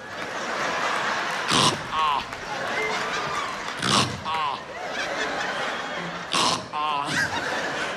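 Three loud, harsh snorting bursts about every two and a half seconds, each trailing into a wavering voiced tone, over steady crowd noise. A comedian on stage vocally imitates his own heavy snoring; these are not real sleep sounds.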